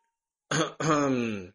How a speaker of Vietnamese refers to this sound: Hỗn Nguyên Tử ho nhẹ một tiếng cao giọng nói.